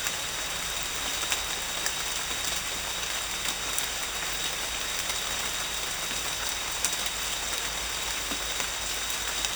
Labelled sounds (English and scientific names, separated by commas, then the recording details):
none
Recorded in dense forest near Puerto Asís, Putumayo, Colombia, on 21 December 2024 at 15:00
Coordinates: 0.484, -76.325
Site G056